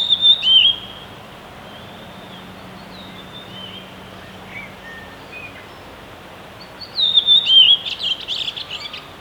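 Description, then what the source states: Redwing song: a short high whistled phrase at the start, then a long pause before a second phrase ending in rapid chattering twitters. Recorded on 10 April 2016.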